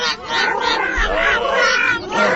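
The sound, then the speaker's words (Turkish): Frogs croak in a dense, continuous chorus, overlapping warbling calls rising and falling in pitch at a steady moderate loudness, with no one talking. “Bunlar kurbağaların sesi. Şu taraftan geliyor.”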